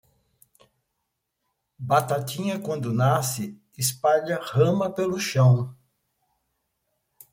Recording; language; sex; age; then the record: short text; Brazilian Portuguese; male; 70 to 79 years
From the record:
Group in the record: control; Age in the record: 70 years